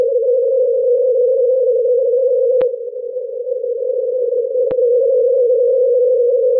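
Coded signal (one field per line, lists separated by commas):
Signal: unidentified radio signal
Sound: continuous steady buzzy tone around 500 Hz, interrupted by three short static clicks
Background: radio static clicks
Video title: Longwave VLF Signal of U.S. Navy Transmitter - NML from La Moure, North Dakota USA @ 25.2 kHz CW FSK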